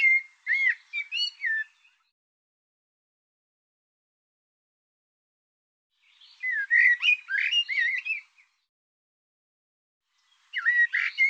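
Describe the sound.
Bird song: a short warbled phrase of quick rising and falling notes, then silence, a second longer phrase near the middle, and a third beginning at the end.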